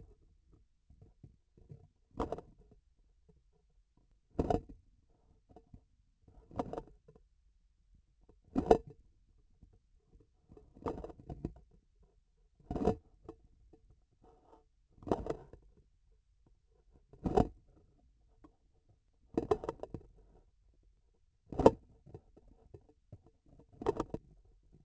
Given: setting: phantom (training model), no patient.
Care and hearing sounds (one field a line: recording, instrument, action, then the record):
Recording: laparoscopic instrument, vibration sensor on the handle end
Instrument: grasping forceps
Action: opening and closing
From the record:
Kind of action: tool actuation without material contact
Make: Olympus